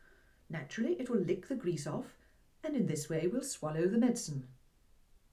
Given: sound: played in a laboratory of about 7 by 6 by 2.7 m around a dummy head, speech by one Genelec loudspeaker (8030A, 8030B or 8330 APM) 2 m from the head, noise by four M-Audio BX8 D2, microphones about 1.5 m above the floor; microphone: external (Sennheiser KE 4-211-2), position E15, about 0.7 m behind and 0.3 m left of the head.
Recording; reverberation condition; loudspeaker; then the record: female speech in English; low; 90 degrees to the left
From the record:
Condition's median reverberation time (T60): about 310 ms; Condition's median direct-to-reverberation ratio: about 3.5 dB